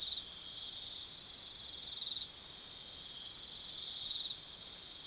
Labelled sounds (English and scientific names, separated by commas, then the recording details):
none
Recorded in pastures near Puerto Asís, Putumayo, Colombia, on 28 February 2025 at 02:00
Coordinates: 0.505, -76.324
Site GP08